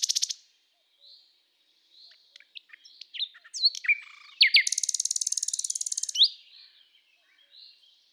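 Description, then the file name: Common nightingale singing varied phrases: scattered sharp notes and slurs building into a dense buzzy rattle of rapid repeated notes, then a rising whistle and a few soft notes. "Luscinia megarhynchos"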